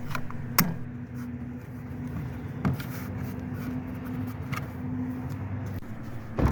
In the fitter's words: then press on the end that connects to the window until it snaps into place